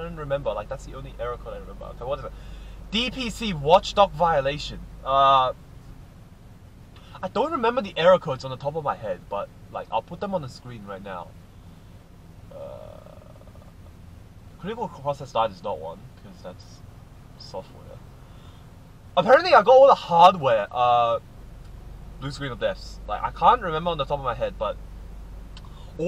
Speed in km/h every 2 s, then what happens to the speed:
1, 0, 0, 0, 0, 0, 0, 0, 0, 0, 0, 0, 0.
0-26 standing.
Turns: none.